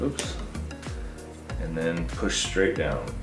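A memory module is handled and pushed straight down into its DIMM slot on a motherboard while someone talks over background music, with a couple of brief taps near 0.6 and 0.7 seconds. Nothing has seated or clicked yet; the module is not home by the end of the clip.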